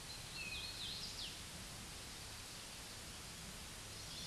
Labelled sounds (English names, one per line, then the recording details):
Hooded Warbler song
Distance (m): 95 m
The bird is about 30 m above the microphone
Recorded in a Pennsylvania forest on 16 May 2024 at 09:51
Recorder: AudioMoth, point MSD-2201
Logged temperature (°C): 15.5 °C
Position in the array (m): 154 m, 145 m